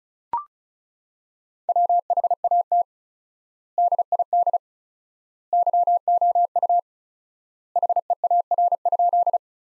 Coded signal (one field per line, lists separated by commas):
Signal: Morse code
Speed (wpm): 36 wpm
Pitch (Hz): 700 Hz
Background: none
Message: WHAT DID YOU HEAR?